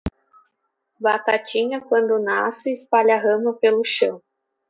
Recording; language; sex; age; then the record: short text; Brazilian Portuguese; female; 20 to 29 years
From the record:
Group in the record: control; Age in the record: 23 years